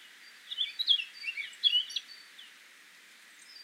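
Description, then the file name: Eurasian blackcap song: one short, quick warbled phrase of a few chirping notes lasting under two seconds, then near silence. "Sylvia atricapilla"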